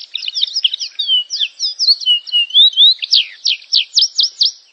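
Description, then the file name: Canary singing a continuous, high, rapidly varied warble of chirps and slurs, ending in a series of sharp downslurred notes. "Canary Voice"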